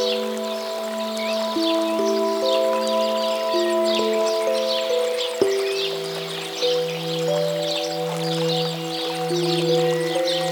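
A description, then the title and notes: Soft chiming music of sustained, bell-like tones steps slowly through a melody, joined after about five seconds by a low, pulsing drone that swells and fades in a steady rhythm. Behind it, a constant brook-like rush and frequent bright bird chirps fill the upper range. Relaxing Brook and Birds with music.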